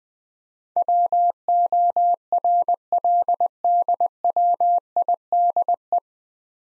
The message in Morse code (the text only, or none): WORLDWIDE